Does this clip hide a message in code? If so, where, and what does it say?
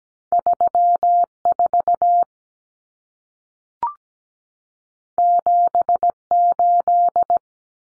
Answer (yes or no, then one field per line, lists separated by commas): yes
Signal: Morse code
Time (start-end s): 0.3-7.4 s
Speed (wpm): 17 wpm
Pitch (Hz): 700 Hz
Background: none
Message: 34 78